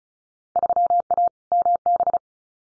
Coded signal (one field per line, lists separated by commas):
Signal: Morse code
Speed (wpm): 34 wpm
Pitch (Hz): 700 Hz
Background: none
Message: 3A MB